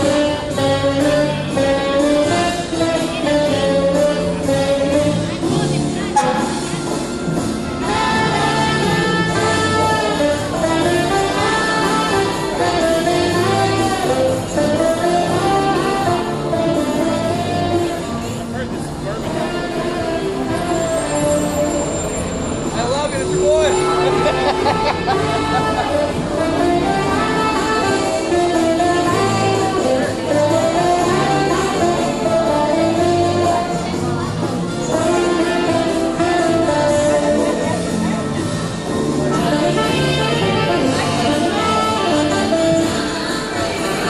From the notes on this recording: Live jazz plays outside on an evening walk along Bourbon Street in New Orleans